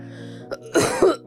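Two short, harsh cough bursts about a quarter second apart, somewhat like throat clearing, over a steady low electrical hum. A dry cough.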